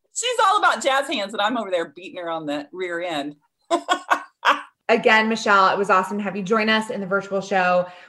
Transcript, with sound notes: She’s all about jazz hands and I’m over there beating her on the rear end! (laughing)
Again, Michelle, it was awesome to have you join us in the virtual show.